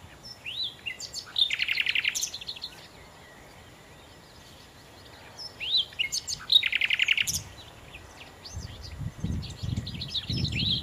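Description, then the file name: Common nightingale: two phrases, each a rising whistle then a fast, throbbing run of repeated notes, separated by a quiet gap. "Nachtigall"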